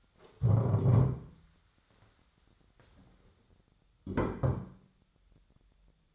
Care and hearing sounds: daily activity, microphone in the room; stand up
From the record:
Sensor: 3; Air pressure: 1015.2 hPa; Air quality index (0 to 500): 169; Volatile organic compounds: 13 ppm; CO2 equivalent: 2422 ppm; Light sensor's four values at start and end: 14/37/15/16 and 11/30/12/13

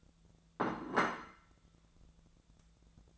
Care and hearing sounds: daily activity, microphone in the room; place plate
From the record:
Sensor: 3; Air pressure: 1000.2 hPa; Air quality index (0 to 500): 140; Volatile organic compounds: 2 ppm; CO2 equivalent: 1247 ppm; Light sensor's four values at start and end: 29/73/31/34 and 29/72/31/34

